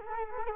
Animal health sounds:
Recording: mosquito wingbeat signal from an infrared sensor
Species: Culex quinquefasciatus

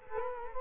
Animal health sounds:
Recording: mosquito wingbeat signal from an infrared sensor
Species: Culex quinquefasciatus

